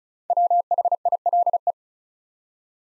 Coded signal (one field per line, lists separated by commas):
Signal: Morse code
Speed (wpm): 36 wpm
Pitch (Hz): 700 Hz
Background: none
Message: WHILE